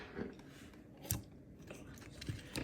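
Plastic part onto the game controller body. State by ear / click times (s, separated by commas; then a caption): seated / 1.1 s. A plastic part is pressed back onto the body of a Nintendo Switch Joy-Con controller during reassembly for a drift repair. A sharp, bright click at 1.1 s stands out among quieter plastic ticks and rubbing. The part is seated back in place.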